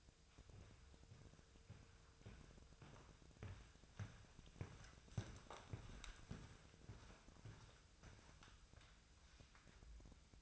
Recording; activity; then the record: daily activity, microphone in the room; walk to room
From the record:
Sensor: 2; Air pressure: 999.3 hPa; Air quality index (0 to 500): 195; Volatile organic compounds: 27 ppm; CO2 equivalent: 2889 ppm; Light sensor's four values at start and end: 7/16/6/6 and 7/16/6/6